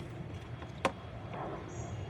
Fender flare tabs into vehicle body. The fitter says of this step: and then snap it back into